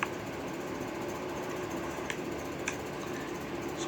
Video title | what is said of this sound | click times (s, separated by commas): Sunday November 10 2024 | go ahead and P the back cover here so it snaps in place really nice there and everything around | 0.0 s, 2.1 s, 2.7 s